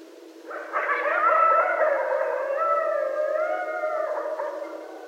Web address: sounds mammals Coyote 2012 11 12 Coyotes. night-sounds-pt-5-coyotes